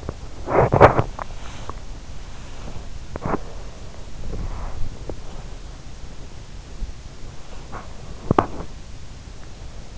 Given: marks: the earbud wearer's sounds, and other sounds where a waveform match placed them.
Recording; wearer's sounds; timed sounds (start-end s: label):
sounds in sleep by an in-ear microphone; teeth grinding, body movement
0.00-1.13 s: teeth grinding
1.13-6.06 s: body movement
8.05-9.31 s: teeth grinding